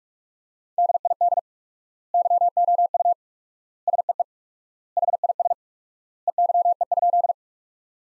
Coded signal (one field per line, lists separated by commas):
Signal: Morse code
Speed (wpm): 46 wpm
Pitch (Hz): 700 Hz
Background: none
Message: DID YOU SEE HIS EYE?